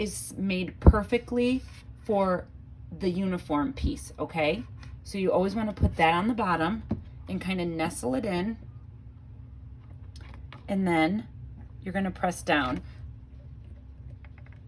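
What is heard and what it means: A snap fastener piece is placed on the bottom die of a hand snap press and nestled into position before the press is pushed down. Someone talks over a low background hum, and a few faint, brief taps are heard around 10.2–10.5 s and 14.3–14.5 s. Nothing has seated or clicked yet.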